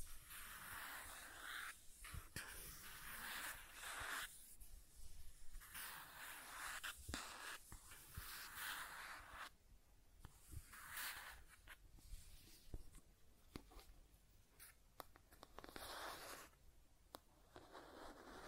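Scratching and tracing sounds come in uneven bursts of hissy strokes, with sharp brief clicks scattered throughout and short quieter pauses between.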